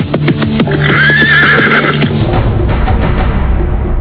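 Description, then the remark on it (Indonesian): A horse lets out a loud, quavering whinny that rises and wavers for about two seconds as its rider, a girl, hastily pulls in the reins, with a few scattered hoof clops and shuffling, then settles into a low background rumble. “Tapi gadis itu buru-buru menarik tali kekang kudanya.”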